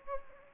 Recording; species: mosquito wingbeat signal from an infrared sensor; Anopheles gambiae